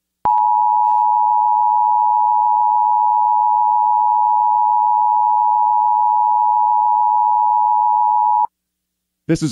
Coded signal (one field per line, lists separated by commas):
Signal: Emergency Alert System (SAME) tones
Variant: 853 and 960 Hz attention tone